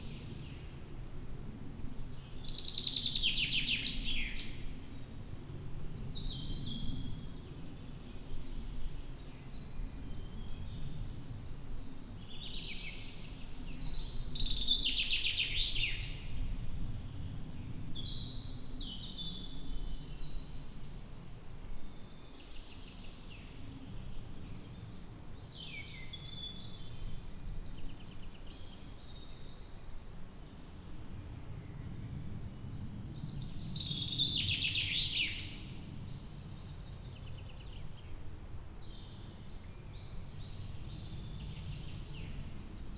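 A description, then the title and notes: Birds sing in a forest, with bright chirps and trills between about 2 and 8 kHz arriving in clusters, loudest around 3, 15 and 34 seconds. A steady low rumble, like wind or traffic, runs underneath throughout. Audio recording of birds singing in the summer of 2022 in Trnovo forest.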